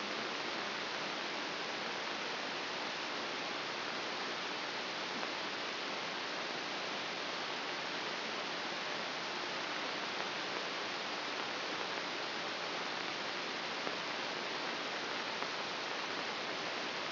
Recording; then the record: brain microelectrode recording played as sound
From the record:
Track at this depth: inside the subthalamic nucleus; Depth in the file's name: 2.433 mm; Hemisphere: left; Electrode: 3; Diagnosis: Parkinson's disease